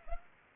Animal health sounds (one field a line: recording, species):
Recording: mosquito wingbeat signal from an infrared sensor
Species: Culex pipiens